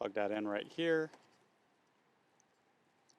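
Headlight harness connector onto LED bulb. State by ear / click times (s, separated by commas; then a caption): seated / 2.4 s, 3.1 s. A wiring harness connector is pushed onto the plastic plug of an Auxito LED high-beam DRL headlight bulb on a 4Runner. Someone talks briefly, then after a quiet pause two small, sharp clicks come at 2.4 s and 3.1 s. The connector snaps right in easily and is seated.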